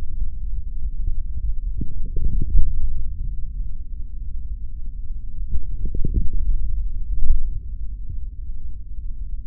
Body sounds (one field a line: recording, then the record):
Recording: forearm muscle sounds (acoustic myography)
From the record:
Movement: forearm pronation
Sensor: system 3, bracelet of six PUI Audio POM-2738L microphones around the upper forearm, with dedicated amplification and filtering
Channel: 2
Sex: male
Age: 23 years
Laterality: right